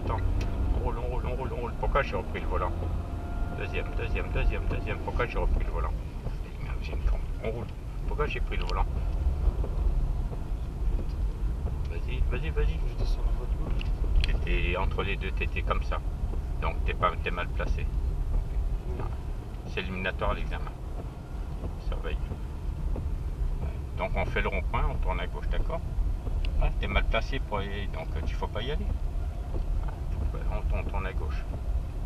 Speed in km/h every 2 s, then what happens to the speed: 23, 24, 22, 19, 24, 23, 24, 21, 20, 21, 23, 20, 17, 16, 17, 18.
0-32 steady at about 21.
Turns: none.